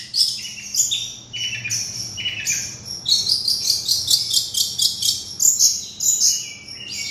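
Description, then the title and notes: Oriental magpie-robin song of short whistled slurs, then a dense run of rapid high chirps. "Kicau Kacer. manukmanukan"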